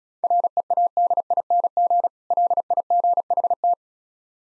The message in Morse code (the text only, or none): READING LIGHT